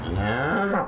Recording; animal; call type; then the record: contact call of a hoofed animal; cattle; low-frequency (closed-mouth) or high-frequency (open-mouth) call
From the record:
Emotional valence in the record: negative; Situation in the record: full separation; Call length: 0.88 s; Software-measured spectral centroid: 1490 Hz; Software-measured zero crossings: 1590 a second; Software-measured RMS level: -24 dBFS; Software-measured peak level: -11 dBFS